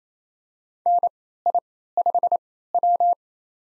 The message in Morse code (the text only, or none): NI5W